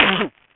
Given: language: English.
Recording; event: throat vibration sensor signal played as sound; cough